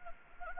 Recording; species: mosquito wingbeat signal from an infrared sensor; Anopheles gambiae